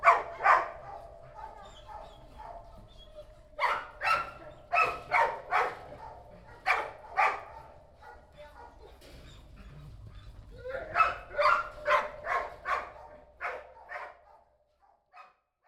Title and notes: 1 Bois Dessus, 25200 Allondans, France - Chien Copain. Se balader à la SPA et rencontrer son nouvel ami Pepsi ! Tellement joyeux qu’il tape même nos micros. mis en résonnance au contact de la cage. Mathias Guilbaud (EspaceS SonoreS) Observatoire phoNographique sensible du Pays de Montbéliard